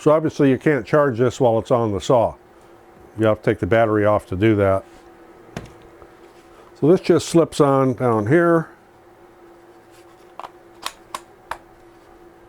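Someone talks while handling the removable battery pack of a battery-powered Saker mini electric chainsaw, sliding it down onto the chainsaw's handle. A few short, sharp ticks follow in the quiet near the end. The clip ends before the pack latches, so nothing has seated or clicked yet.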